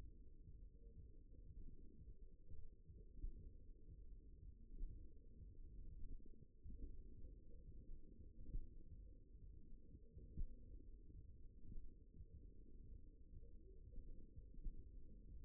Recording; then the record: forearm muscle sounds (acoustic myography)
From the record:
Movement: tripod grip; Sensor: system 1, eight BSWA MPA416 microphones around the upper forearm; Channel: 4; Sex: male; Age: 54 years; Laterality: right